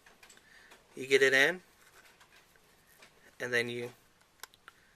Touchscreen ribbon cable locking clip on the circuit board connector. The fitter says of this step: push the touchcreen clip down until till it clicks